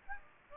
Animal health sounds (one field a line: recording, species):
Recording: mosquito wingbeat signal from an infrared sensor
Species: Aedes aegypti